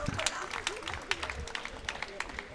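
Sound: audience applause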